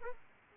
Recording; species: mosquito wingbeat signal from an infrared sensor; Aedes aegypti